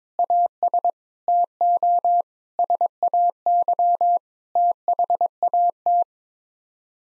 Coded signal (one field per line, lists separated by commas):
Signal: Morse code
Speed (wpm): 22 wpm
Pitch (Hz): 700 Hz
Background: none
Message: AS TO SAY THAT